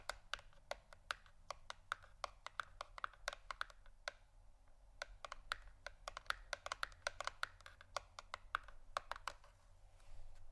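Tapping on cardboard boxes comes as quick, sharp clicks in uneven bursts, several per second with brief pauses near four and eight seconds. Each tap is dry and crisp with a bright edge, over a faint low hum and light scratchy rustle between hits.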